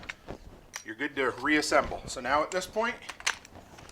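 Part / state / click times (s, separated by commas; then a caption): auto-feed screw attachment onto cordless screw gun / not seated / none. Someone talks while reassembling a Simpson Strong-Tie PRO250 auto-feed screw driving attachment, handling its plastic nosepiece assembly to push it onto a DeWalt cordless screw gun, with a few short handling ticks under the speech. Nothing has seated or clicked into place yet.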